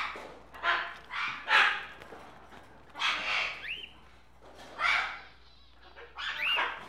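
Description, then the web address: Tropical birds squawking: harsh, raspy bursts, with two brief whistled notes that rise and then bend down. Various tropical birds together in a pet shop. "birds various tropical birds in a pet shop animal ambience"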